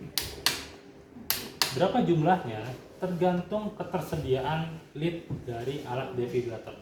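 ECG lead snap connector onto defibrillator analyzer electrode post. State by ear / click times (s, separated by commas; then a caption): seated / 0.5 s, 1.3 s, 1.6 s. Button-style snap ECG lead connectors are pressed by hand onto the electrode posts of a Fluke defibrillator analyzer. Sharp snap clicks are heard at 0.5, 1.3 and 1.6 seconds as each connector seats onto its post, and then someone talks.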